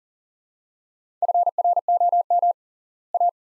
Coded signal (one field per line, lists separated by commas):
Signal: Morse code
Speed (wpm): 40 wpm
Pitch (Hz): 700 Hz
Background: none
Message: FROM A